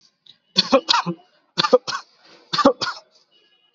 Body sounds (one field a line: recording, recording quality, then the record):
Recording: shallow voluntary cough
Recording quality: excellent, no background noise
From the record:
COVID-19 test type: RT-PCR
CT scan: not taken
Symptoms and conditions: none ticked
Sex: male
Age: 19 years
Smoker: no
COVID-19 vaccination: both doses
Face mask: worn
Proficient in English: yes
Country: India